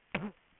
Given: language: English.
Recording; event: throat vibration sensor signal played as sound; throat clearing